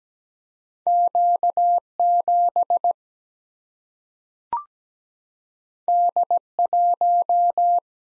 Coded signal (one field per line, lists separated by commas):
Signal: Morse code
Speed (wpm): 17 wpm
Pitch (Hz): 700 Hz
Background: none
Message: Q 7 D 1